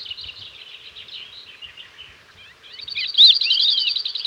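Crested lark calls: steady soft twittering at first, then a louder run of quick whistled and trilling notes with a bright whistle.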